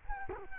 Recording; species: mosquito wingbeat signal from an infrared sensor; Culex quinquefasciatus